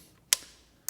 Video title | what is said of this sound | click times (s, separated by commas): How To Vauxhall Corsa C Coil Pack Replacement Tutorial (diy Fix Misfires & Save Money) | hear that click. You hear a click into place. | 0.3 s